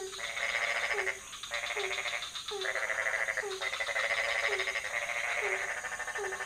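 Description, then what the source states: Frogs croaking in a pond chorus, a low dropping note repeated about once a second beneath loud buzzy rattling bursts lasting around a second each. Several frog species calling at night in a pond near a hotel in Ubud, Bali, Indonesia; recorded with Sony PCM D50, Rode NT4 and Rode boompole.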